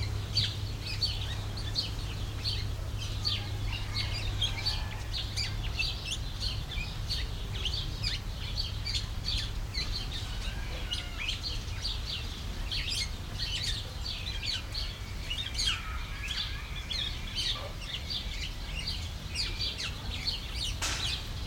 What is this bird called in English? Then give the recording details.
Black-naped Oriole. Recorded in captivity. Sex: male. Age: adult. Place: Zoo Berlin, Berlin, DE. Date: 1993-06-05 10:55. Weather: 20-25 °C, sonnig. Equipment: Marantz CP 430, Sennheiser ME 80, Kopie Uher Variocord 263. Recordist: Tembrock, Günter. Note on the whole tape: Ruffolgen und "Gesang"